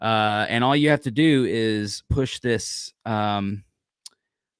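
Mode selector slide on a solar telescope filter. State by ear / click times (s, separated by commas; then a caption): seated / 4.1 s. Someone talks for about three and a half seconds, then pushes the metal slide selector on a solar hydrogen-alpha filter across to switch between viewing modes. After a short silence, the slide gives a single sharp click at 4.1 s as it seats into position.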